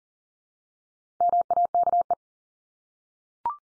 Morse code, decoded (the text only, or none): MAKE